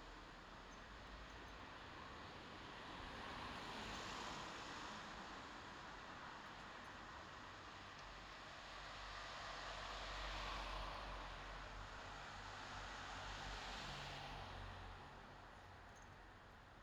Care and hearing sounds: everyday scene through a hearing-aid microphone; in traffic; traffic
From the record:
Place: bus stop on a city main road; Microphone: in the ear canal, left

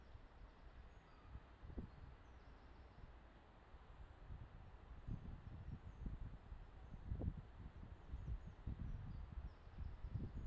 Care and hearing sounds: everyday scene through a hearing-aid microphone; wind on the microphone; gentle breeze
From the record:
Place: parking lot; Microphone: in the ear canal, left

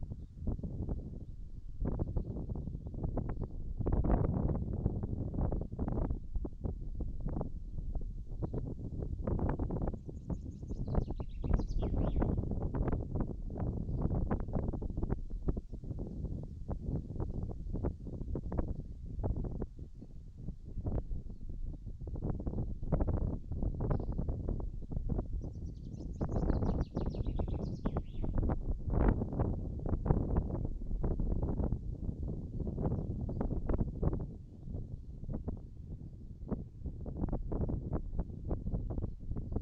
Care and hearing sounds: everyday scene through a hearing-aid microphone; wind on the microphone; wind, birds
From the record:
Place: in front of a rural house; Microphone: in the ear canal, right

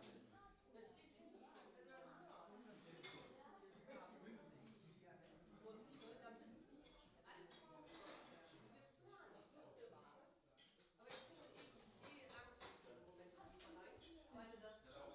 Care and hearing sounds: everyday scene through a hearing-aid microphone; many people talking; many voices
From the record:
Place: parish hall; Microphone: in the ear canal, left

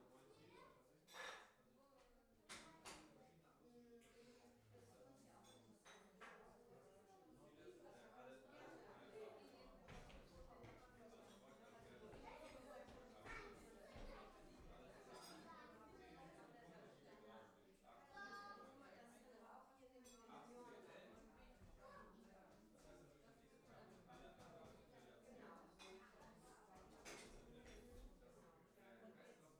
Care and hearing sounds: everyday scene through a hearing-aid microphone; many people talking; many voices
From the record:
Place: parish hall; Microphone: behind the ear, left, front

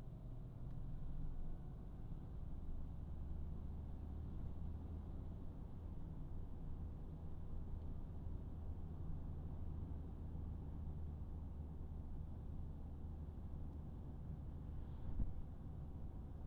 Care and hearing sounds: everyday scene through a hearing-aid microphone; in a vehicle; engine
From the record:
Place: Berlingo II, diesel engine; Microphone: behind the ear, right, rear

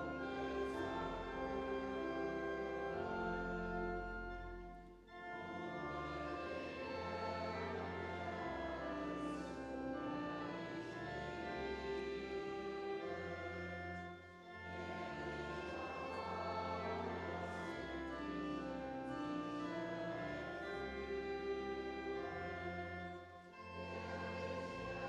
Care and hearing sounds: everyday scene through a hearing-aid microphone; reverberant space; music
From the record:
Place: church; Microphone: in the ear canal, right

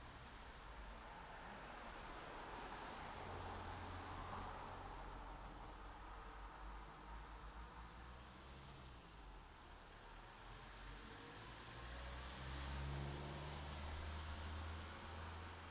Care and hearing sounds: everyday scene through a hearing-aid microphone; in traffic; traffic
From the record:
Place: city secondary road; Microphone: in the ear canal, right

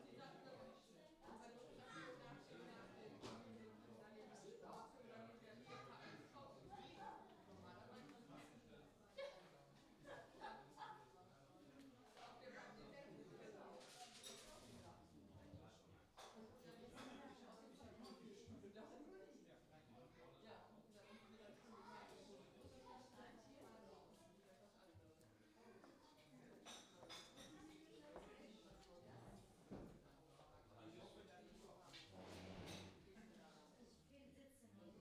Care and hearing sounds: everyday scene through a hearing-aid microphone; many people talking; many voices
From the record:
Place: parish hall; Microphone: in the ear canal, left

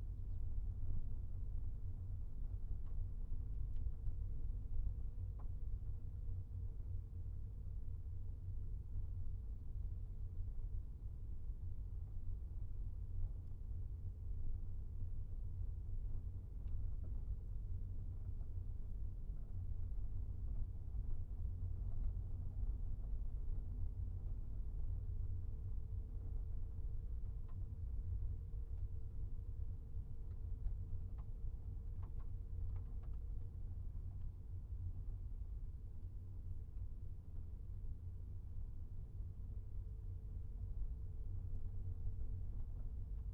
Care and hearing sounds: everyday scene through a hearing-aid microphone; in a vehicle; engine, rumble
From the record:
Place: Skoda Fabia, gasoline engine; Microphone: behind the ear, right, front

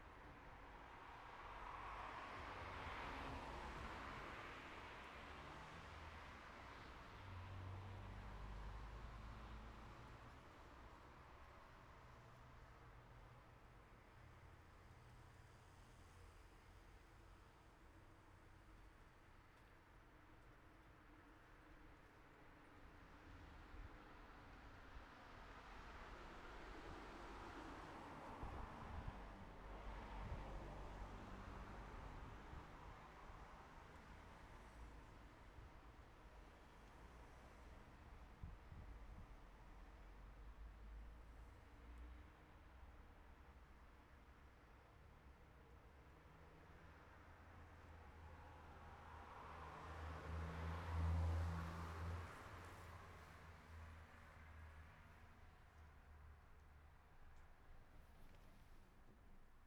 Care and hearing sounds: everyday scene through a hearing-aid microphone; in traffic; traffic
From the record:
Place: city secondary road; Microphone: behind the ear, right, front

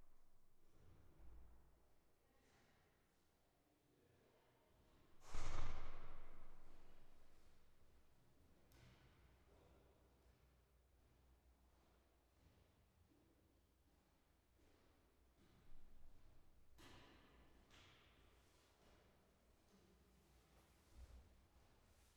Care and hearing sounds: everyday scene through a hearing-aid microphone; reverberant space; background noise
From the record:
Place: staircase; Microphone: behind the ear, right, rear

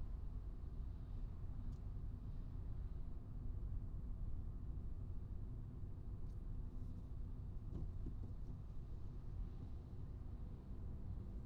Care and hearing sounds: everyday scene through a hearing-aid microphone; in a vehicle; engine, traffic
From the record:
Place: Skoda Fabia, gasoline engine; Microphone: in the ear canal, right

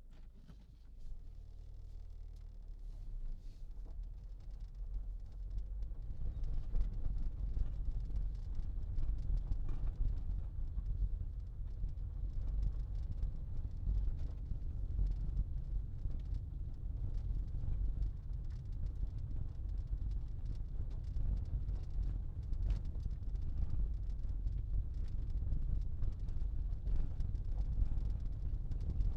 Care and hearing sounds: everyday scene through a hearing-aid microphone; in a vehicle; engine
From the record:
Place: Berlingo II, diesel engine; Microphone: in the ear canal, left

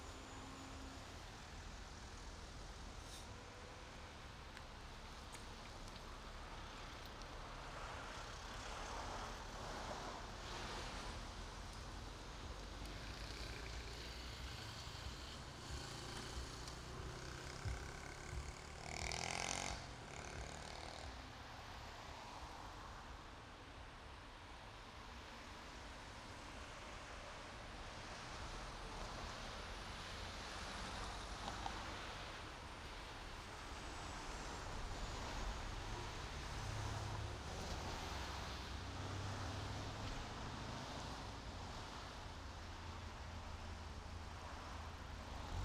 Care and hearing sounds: everyday scene through a hearing-aid microphone; in traffic; traffic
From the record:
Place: main road on the outskirts, rush hour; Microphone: in the ear canal, right

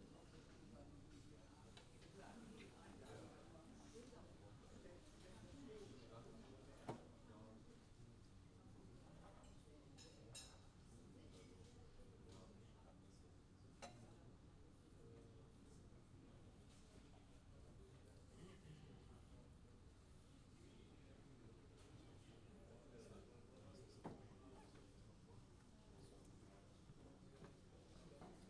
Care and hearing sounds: everyday scene through a hearing-aid microphone; many people talking; many voices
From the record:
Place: university cafeteria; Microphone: in the ear canal, left

